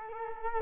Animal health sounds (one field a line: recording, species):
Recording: mosquito wingbeat signal from an infrared sensor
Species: Culex quinquefasciatus